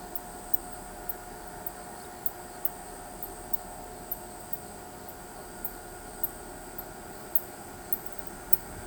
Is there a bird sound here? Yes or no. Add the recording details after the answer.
no. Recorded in pastures near Pivijay, Magdalena, Colombia, on 16 April 2023 at 19:30. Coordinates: 10.456, -74.369. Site P6-G026